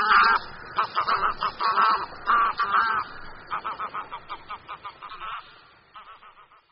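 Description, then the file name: Greylag goose honking: loud nasal honks at first, then a fading series of shorter, quicker cackling notes trailing away. "Husa-velká"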